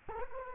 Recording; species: mosquito wingbeat signal from an infrared sensor; Culex quinquefasciatus